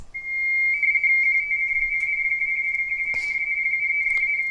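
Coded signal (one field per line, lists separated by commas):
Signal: RTTY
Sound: steady whistle-like tone, then fast warbling two-tone chatter continuing to the end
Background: radio static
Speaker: Upon receiving that message, G3ABC will begin his transmission. This is the 22nd QTC he has sent out and he's going to send us 10 of them.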